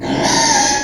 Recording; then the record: squeal of a Yucatan mini pig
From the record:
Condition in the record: before surgery on the right vocal fold (resection and tissue-engineered implant); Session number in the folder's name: 1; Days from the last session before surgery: -3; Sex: male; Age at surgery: 12 weeks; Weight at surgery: 13 kg